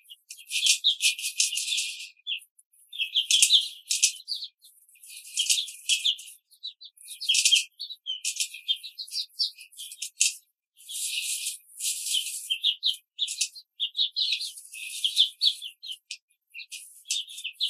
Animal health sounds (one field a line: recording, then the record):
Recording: young laying hens in a cage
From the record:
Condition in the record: control cage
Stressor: none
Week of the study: 5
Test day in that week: 1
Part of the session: 4